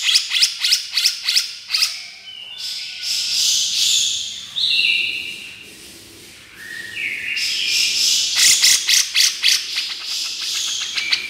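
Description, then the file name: Grey-cheeked bulbul chatter: quick harsh notes at the start, long hoarse rasping phrases in the middle, then a rapid run of sharp repeated notes near the end. Female bird. "suara cucak jenggot betina"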